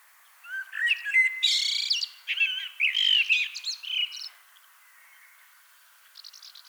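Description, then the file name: Common blackbird song: low fluting notes rise into a bright, scratchy jumble of high squeaks, then a short pause and a faint high twitter. "Turdus merula"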